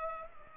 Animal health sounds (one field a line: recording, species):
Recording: mosquito wingbeat signal from an infrared sensor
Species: Culex pipiens